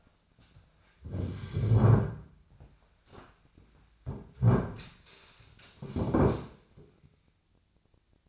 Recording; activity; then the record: daily activity, microphone in the room; sit down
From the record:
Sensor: 2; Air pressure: 1007.9 hPa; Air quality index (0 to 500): 180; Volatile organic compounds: 10 ppm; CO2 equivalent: 2206 ppm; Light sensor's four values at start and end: 10/24/10/10 and 10/24/10/10